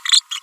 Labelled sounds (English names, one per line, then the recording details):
Green-rumped Parrotlet babbling
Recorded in a nest box in Venezuela
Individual 18B25A4